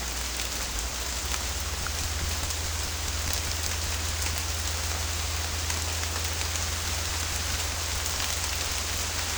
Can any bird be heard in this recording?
no